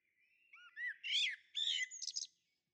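Bird song: a quick, varied phrase of high chirps and warbles, ending in a few rapid notes.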